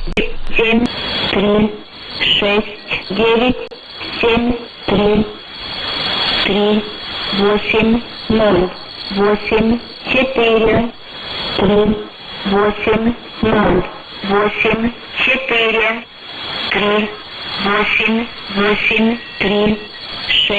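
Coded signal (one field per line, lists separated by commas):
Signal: numbers station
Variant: S06s, Russian female voice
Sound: female voice reading short words, evenly spaced, roughly one per second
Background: radio static, faint carrier whine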